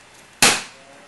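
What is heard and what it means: A hand rivet gun squeezes a pop rivet in a metal frame until the mandrel snaps off. A single sharp, loud pop at 0.4 s decays over about a quarter second, then only quiet background remains. The mandrel snap sets the rivet, and that pop is what gives the pop rivet its name.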